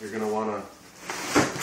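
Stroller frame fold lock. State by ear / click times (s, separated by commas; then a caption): not seated / none. Someone talks while handling a folded Bob stroller frame at its fold lock, getting ready to throw it open. A few short handling knocks are heard after the talking, but the frame has not locked open yet and nothing has seated or clicked.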